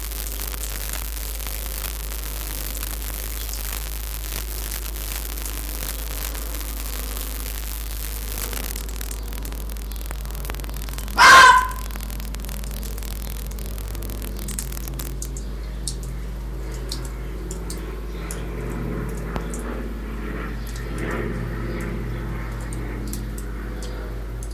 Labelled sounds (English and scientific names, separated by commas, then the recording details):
Arctic Fox (Vulpes lagopus)
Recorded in captivity
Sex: male
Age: adult
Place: Zoologisches Institut der HUB, Berlin, DE
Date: 1957-03-16
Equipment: Elmetra
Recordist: Tembrock, Günter
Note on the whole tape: Fuchsanlage (Beobachter in Anlage): "Teddy" mit offenem Bellen und Fiepen